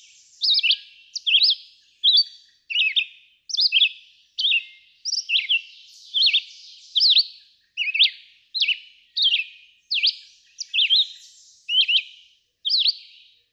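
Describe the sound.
Red-eyed vireo song: short slurred whistled phrases, rising and falling, repeated steadily about once a second with brief pauses between them.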